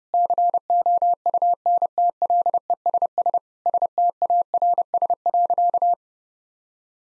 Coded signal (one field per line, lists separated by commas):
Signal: Morse code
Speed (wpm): 32 wpm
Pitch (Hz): 700 Hz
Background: none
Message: COUNTLESS STARS.